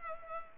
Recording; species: mosquito wingbeat signal from an infrared sensor; Culex pipiens